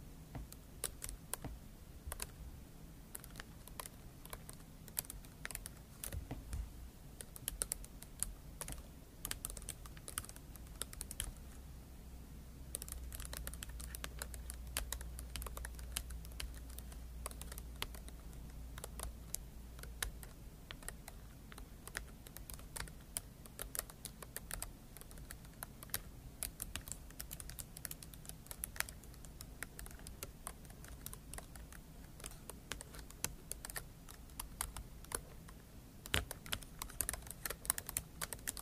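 Scratching and tapping in a dense, uneven stream of crisp clicks that runs for the whole clip, much like fast typing. The pace stays busy and the loudness holds steady, while a low rumble swells underneath from about 13 to 20 seconds.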